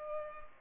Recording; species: mosquito wingbeat signal from an infrared sensor; Culex pipiens